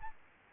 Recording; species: mosquito wingbeat signal from an infrared sensor; Aedes albopictus